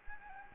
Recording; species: mosquito wingbeat signal from an infrared sensor; Anopheles gambiae